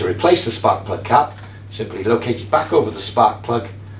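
A rubber spark plug cap is placed back over the spark plug of a Hyundai HYM460SP self-propelled petrol lawn mower while someone talks throughout. Nothing has seated or clicked yet.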